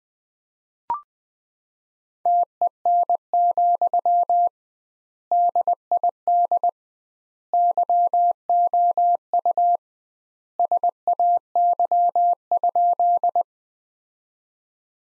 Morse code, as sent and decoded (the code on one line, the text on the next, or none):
- . -. --..-- / -.. .. -.. / -.-- --- ..- / ... .- -.-- ..--..
TEN, DID YOU SAY?